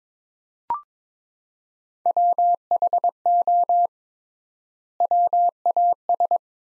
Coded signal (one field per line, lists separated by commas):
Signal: Morse code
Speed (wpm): 21 wpm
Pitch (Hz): 700 Hz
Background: none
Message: WHO WAS